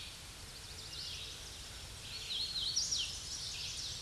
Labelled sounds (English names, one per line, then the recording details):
Hooded Warbler song
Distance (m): 40 m
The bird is about 15 m above the microphone
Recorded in a Pennsylvania forest on 16 May 2024 at 08:07
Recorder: AudioMoth, point MSD-2095
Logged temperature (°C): 16.3 °C
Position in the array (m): 172 m, 85 m